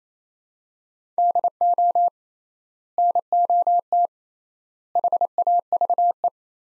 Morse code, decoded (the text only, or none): DO NOT HAVE